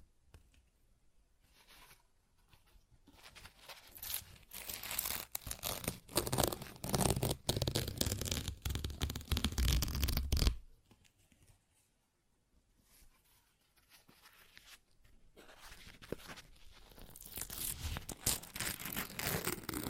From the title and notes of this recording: ASMR Paper Ripping Tearing Sounds (No Talking).